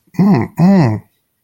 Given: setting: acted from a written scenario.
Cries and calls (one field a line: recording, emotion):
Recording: vocal sound without words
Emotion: desire